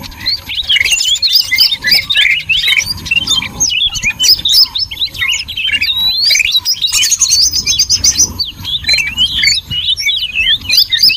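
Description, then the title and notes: Birds twittering constantly in an overlapping jumble of quick, squeaky whistles, with a brief high rattling trill near the seventh second. Noisy bird chatter, used as a lure to attract birds. "Master Burung Ribut Durasi Panjang. Burung Ribut Pikat"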